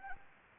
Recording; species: mosquito wingbeat signal from an infrared sensor; Anopheles arabiensis